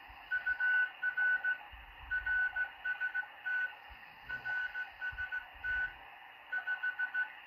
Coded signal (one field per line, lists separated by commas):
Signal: Morse code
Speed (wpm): 15 wpm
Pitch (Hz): 1490 Hz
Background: none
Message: UR RST RST 5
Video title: 20M CW DECODE ON MALACHITE DSP SDR RECEIVER 5-13-2021